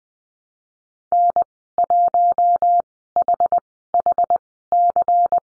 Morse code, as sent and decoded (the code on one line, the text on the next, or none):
-. .---- .... .... -.-.
N1HHC